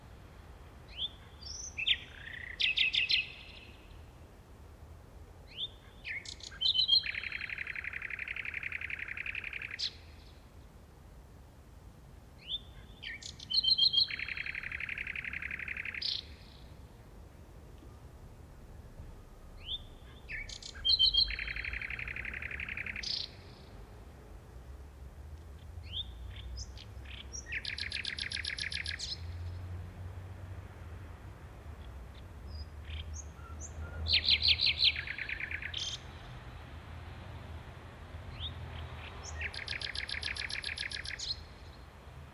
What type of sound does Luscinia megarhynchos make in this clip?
song